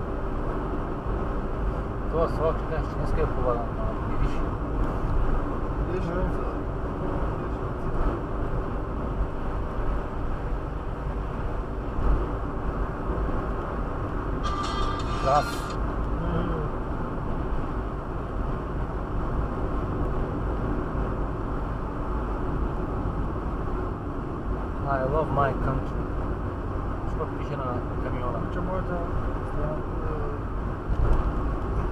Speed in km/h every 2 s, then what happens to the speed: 91, 90, 91, 91, 93, 93, 93, 92, 89, 88, 88, 87, 86, 86, 87, 87.
0-32 steady at about 89.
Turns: none.